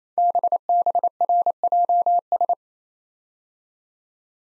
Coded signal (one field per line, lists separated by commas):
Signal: Morse code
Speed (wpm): 27 wpm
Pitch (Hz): 700 Hz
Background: none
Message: BBRJS